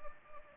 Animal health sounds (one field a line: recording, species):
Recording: mosquito wingbeat signal from an infrared sensor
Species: Anopheles gambiae